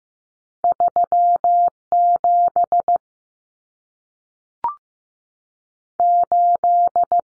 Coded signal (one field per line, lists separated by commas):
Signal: Morse code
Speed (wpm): 15 wpm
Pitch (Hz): 700 Hz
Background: none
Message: 37 8